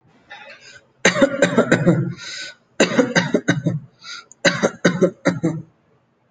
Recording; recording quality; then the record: shallow voluntary cough; excellent, no background noise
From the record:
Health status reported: healthy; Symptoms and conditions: none ticked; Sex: male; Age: 28 years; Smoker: not ticked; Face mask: not worn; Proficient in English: yes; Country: India